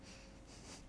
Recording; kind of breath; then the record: one breath in and out by a microphone near the nose and mouth; strong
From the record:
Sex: male